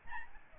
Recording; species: mosquito wingbeat signal from an infrared sensor; Aedes albopictus